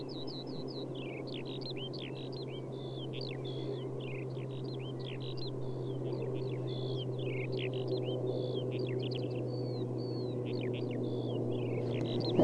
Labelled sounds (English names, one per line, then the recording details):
Eurasian Skylark flight song
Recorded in the wild
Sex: male
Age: adult
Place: Schönow, Naturpark Barnim, Brandenburg, DE
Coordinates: 52.6872, 13.5156
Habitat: heath
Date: 2005-03-31
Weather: clear, -2°C, weak wind
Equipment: Tascam DA-P1, Telinga Pro 5
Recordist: Frommolt, Karl-Heinz